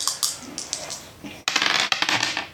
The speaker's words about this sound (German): Also hier, das, der helle Würfel steht für die Leute und der dunkle steht für den Preis. Das heißt, du würfelst jetzt, wer was gewinnt.